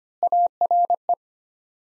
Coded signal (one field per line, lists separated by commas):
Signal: Morse code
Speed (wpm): 25 wpm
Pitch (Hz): 700 Hz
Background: none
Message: ARE